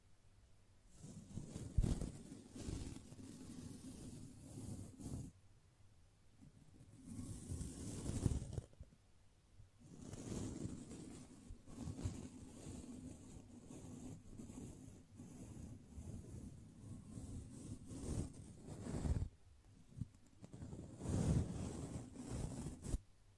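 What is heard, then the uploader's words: Gentle brushing in soft, repeated strokes with airy swishes and a low rubbing undertone, pausing briefly around five and ten seconds. ASMR Gently Brushing Your Brain (No Talking).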